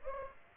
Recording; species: mosquito wingbeat signal from an infrared sensor; Aedes aegypti